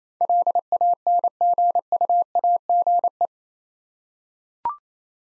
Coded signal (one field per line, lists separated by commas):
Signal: Morse code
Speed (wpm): 27 wpm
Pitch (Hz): 700 Hz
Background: none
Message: LANGUAGE